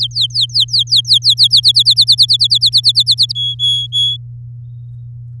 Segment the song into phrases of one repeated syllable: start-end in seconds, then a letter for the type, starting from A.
0.01-1.60 A, 1.63-3.32 B, 3.35-4.17 C